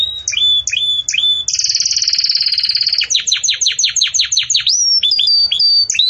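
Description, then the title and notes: Belgian canary singing: a few clipped whistles, a rapid buzzy trill, then a series of descending sweeps and steady high whistles. Belgian canary, campainha (bell-like) song style, used for tutoring young chicks in song. "Belíssimo Canto Do Canário Belga Campainha Para Encarte De Filhotes. CANARIO"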